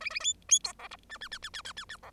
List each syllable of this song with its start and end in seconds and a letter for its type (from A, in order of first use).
0.00-0.10 A, 0.10-0.20 A, 0.20-0.33 B, 0.49-0.59 B, 0.64-0.73 C, 0.79-0.88 D, 0.91-0.96 E, 1.09-1.18 F, 1.21-1.28 F, 1.31-1.38 F, 1.42-1.49 F, 1.53-1.62 F, 1.65-1.72 F, 1.76-1.84 F, 1.89-1.97 F, 2.03-2.10 D